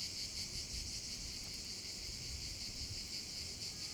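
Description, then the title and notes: Cicadas singing as a chorus, a bright continuous rattling buzz with rapid pulses, little else audible beneath. Several cicadas over the Vallo di Diano valley, Geoparco Padula, Italy; recorded with a Zoom H6 and MS capsule. "Geoparco Padula - Cicale sulla valle del Diano. Registrato con Zoom H6 e capsula MS"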